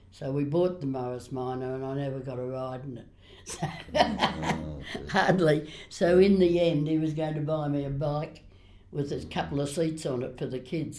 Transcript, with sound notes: So we bought the Morris Minor and I never got a ride in it, hardly. [Laughs] So in the end, he was going to buy me a bike with a couple of seats on it for the kids.